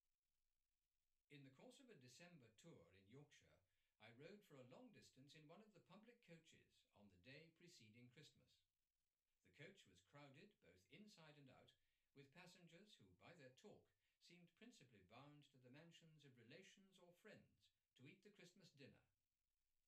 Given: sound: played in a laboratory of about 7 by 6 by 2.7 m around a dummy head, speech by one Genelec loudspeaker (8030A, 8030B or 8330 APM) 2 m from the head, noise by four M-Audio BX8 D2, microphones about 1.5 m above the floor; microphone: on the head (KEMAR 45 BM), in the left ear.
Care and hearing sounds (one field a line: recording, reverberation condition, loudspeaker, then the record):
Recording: male speech in English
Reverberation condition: low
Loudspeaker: 30 degrees to the right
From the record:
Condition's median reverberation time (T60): about 310 ms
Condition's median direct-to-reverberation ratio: about 3.5 dB